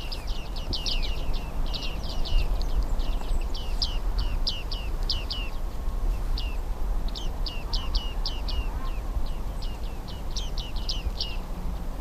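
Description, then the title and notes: Bearded Reedling pinging calls: a flock giving rapid, repeated high metallic pings in bursts, many birds overlapping, over a steady low rumble. Large flock in winter beside a road in wind-blown reedbeds near Porvoo, Finland, moving fast while searching for seeds; a rare species there. "Viikon luontoääni: Viiksitimali. Asko Hauta-aho. Yle"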